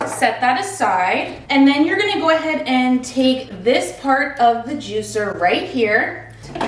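Someone talks while handling a plastic assembly part of a Nama juicer, about to push it onto the juicer body. Faint handling sounds sit under the talking, along with a steady low hum. Nothing has snapped or seated into the base yet.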